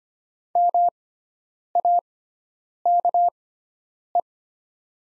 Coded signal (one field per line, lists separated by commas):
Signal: Morse code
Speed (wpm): 25 wpm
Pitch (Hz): 700 Hz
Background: none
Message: MAKE